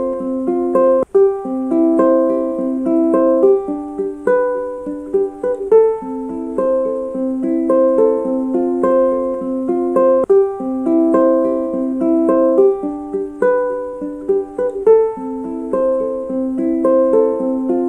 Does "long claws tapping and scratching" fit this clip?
no